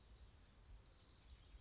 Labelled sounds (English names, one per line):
House Wren